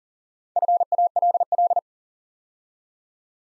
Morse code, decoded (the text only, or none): FALL